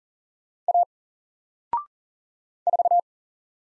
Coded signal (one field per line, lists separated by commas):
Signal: Morse code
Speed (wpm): 40 wpm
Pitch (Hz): 700 Hz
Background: none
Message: A 4